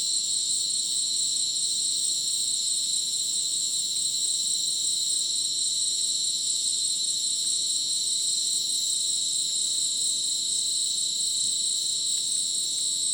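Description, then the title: Crickets chirping: a loud, even wall of high ringing trills, unchanging throughout. Insect chorus after sunset in dense rainforest, Madidi National Park, Ucumari, Bolivia; very high insect density; sounded like a polyrhythmic electronic concert; AT BP4029 microphone, MixPre 6 recorder. "Madidi National Park, Ucumari, Bolivia - Supersonic Crickets in the rainforest"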